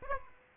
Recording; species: mosquito wingbeat signal from an infrared sensor; Aedes aegypti